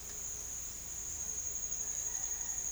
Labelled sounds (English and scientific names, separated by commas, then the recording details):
none
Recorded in secondary vegetation near Puerto Asís, Putumayo, Colombia, on 24 June 2025 at 10:30
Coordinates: 0.498, -76.327
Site GP09